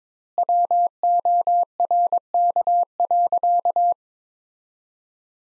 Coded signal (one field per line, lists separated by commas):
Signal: Morse code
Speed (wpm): 22 wpm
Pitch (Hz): 700 Hz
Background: none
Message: WORK.